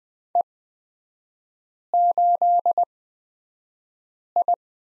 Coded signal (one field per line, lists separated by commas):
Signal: Morse code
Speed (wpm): 20 wpm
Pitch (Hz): 700 Hz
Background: none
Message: E8I